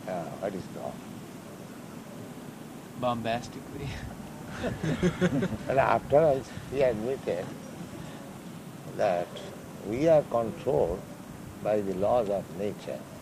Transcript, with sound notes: what is called?
Bombastically? [laughter]
And after all, he admitted that we are controlled by the laws of nature.